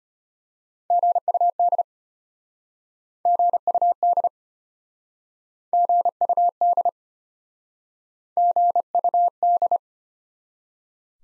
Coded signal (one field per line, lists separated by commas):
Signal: Morse code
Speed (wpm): 33 wpm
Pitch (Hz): 700 Hz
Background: none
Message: GUD GUD GUD GUD